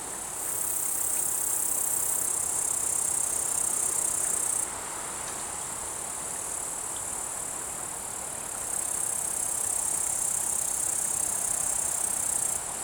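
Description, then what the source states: Bush-cricket stridulation: long loud high-pitched buzzing bursts separated by a quieter stretch of steady insect hiss, a chorus of other insects beneath. Alpine pasture at Vallon de Combeau, Vercors, 7 August 2020 at 16:10; recorded with Nagra recorder and omnidirectional microphone.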